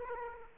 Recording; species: mosquito wingbeat signal from an infrared sensor; Aedes aegypti